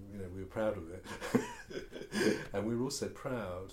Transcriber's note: laughs